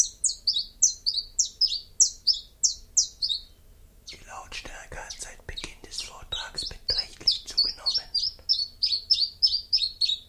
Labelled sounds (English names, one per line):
Common Chiffchaff song